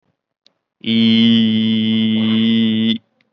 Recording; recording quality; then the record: sustained vowel as in beet; excellent, no background noise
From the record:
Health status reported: COVID-19 positive, mild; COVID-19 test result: positive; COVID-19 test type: RT-PCR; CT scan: not taken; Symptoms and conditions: cough, fever, fatigue, muscle pain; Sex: male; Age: 20 years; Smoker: no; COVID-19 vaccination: one dose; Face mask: worn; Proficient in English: yes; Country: India